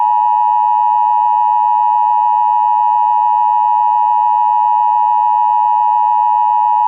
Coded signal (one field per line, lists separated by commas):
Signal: Emergency Alert System (SAME) tones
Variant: 853 and 960 Hz attention tone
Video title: EAS CHILD ABDUCTION EMERGENCY 3/2/21